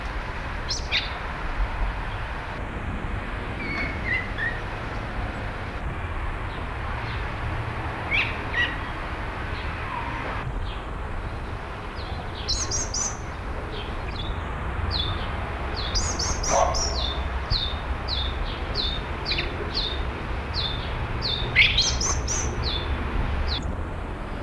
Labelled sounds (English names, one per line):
Song Thrush call